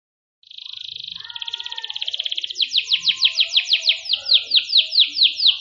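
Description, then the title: Canary song opening with a rapid high buzzy trill, shifting into a rapid series of quick descending sweeps. Canary singing a long-duration song in the cengkok style, the Indonesian term for its song phrasing. "Cengkok Kenari Mewah. Kenari mewah durasi panjang. Cengkok enak gaya istimewa"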